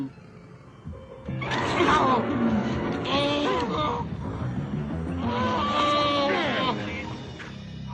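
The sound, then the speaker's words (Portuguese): A dental patient at a dentist's clinic screams in pain, letting out two long, loud, wavering cries that rise and fall in pitch, separated by a brief strained gasp. “Todo dentista tem um ou outro paciente que grita.”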